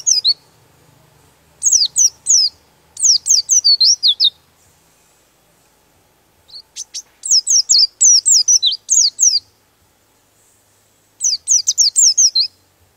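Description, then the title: Bird song of high, twittering chirps in short bursts and longer runs, broken by pauses of a second or two. Master recording used for training birds. "Master Burung Jos"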